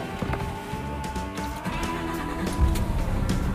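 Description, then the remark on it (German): A stationary truck engine idles steadily, a low rumbling drone with a constant tonal hum running through it and occasional faint clicks and knocks on top. “Ein Motor laufen lassen im Stand.”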